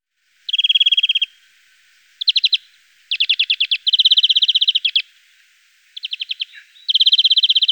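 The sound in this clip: European greenfinch song: a run of trills at changing speeds, some slow and rattling, others rapid and ringing, separated by brief gaps.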